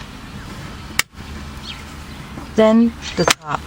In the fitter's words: Remount the cover plate. The bottom should snap in first,